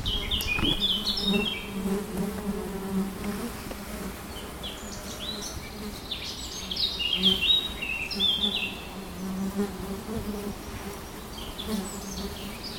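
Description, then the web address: Eurasian blackcap song: varied warbled and whistled phrases recur throughout over a low buzzing hum. "linnut mustapaa"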